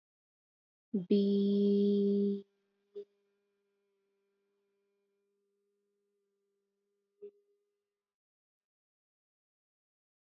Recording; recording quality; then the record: sustained vowel as in beet; excellent, no background noise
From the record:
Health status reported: healthy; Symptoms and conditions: none ticked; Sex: female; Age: 25 years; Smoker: not ticked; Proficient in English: yes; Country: India